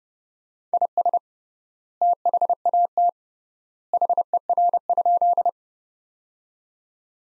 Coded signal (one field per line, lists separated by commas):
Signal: Morse code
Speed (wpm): 29 wpm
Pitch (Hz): 700 Hz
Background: none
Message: IS THAT HER?